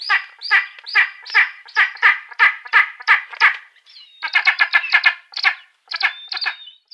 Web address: Schulze Peter Spanish Imperial Eagle